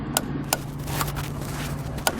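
A torque tool tightens a Yakima RidgeLine roof rack tower clamp on the flush roof rail of a 2020 Toyota Highlander. Three sharp clicks sound at 0.2, 0.5 and 2.1 seconds over a steady low hum, with a softer tap near 1.0 second. The three clicks confirm the clamp has reached the proper torque.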